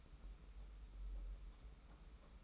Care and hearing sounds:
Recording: daily activity, microphone in the room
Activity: take from stove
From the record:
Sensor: 1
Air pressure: 991.1 hPa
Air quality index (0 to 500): 91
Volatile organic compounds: 32 ppm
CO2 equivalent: 2996 ppm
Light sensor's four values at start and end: 36/117/46/47 and 36/117/46/47

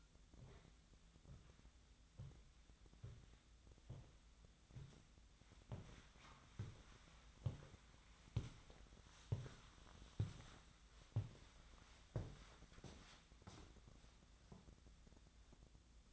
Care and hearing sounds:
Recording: daily activity, microphone in the room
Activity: walk to room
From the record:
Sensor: 3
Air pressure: 1010.0 hPa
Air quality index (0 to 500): 184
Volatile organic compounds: 13 ppm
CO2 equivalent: 2398 ppm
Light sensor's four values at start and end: 43/107/46/50 and 40/100/43/46

